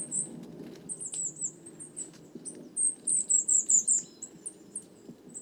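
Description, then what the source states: Coal tit calls, high thin notes in quick irregular succession, with some soft ticking and a low hum behind. Flock of over 50 Coal tits, 29 September 2019, evening, Les Casses, Drôme; recorded in mono with a Wildtronic parabolic dish, which caused heavy handling noise.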